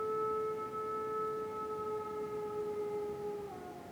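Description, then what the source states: Wolf howl held as one long, even tone that drops lower near the end, with soft hiss behind it. Distant wolves howling at night in a winter forest under a dark moon, North Laurentian Woods, Canada.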